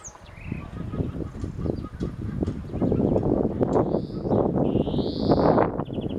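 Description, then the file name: European Greenfinch wheezing call, two drawn-out buzzy notes near the end with a brief trill, over steady low wind and engine-like rumble. "Chloris chloris"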